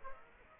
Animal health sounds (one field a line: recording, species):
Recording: mosquito wingbeat signal from an infrared sensor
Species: Aedes aegypti